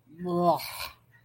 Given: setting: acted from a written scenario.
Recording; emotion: vocal sound without words; disgust